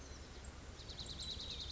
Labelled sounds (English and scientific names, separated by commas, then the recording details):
Oak Titmouse (Baeolophus inornatus)
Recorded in Sonoma County, California